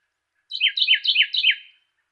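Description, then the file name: Carolina wren delivering a single short burst of four loud, repeated slurred two-part syllables, clear and ringing against a silent background. Song variation number three. "suara-kicauan-burung-carolina-wren-variasi-3-omkicau"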